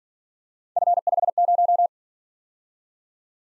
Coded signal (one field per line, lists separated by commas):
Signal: Morse code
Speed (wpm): 45 wpm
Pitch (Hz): 700 Hz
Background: none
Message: F50